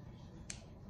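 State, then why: Seated. A wiring plug packed with dielectric grease is pushed back into the electrical connector of a Western snow plow joystick. A single sharp click is heard at 0.5 s over a steady low background rumble, and the plug seats fully in the connector.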